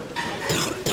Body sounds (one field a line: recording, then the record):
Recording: coughing mixed with background sound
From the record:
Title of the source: Wet coughing